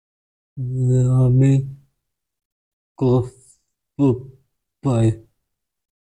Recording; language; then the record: elicited speech; Bengali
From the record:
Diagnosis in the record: Broca's or global aphasia after a stroke